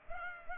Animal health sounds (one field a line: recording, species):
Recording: mosquito wingbeat signal from an infrared sensor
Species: Culex pipiens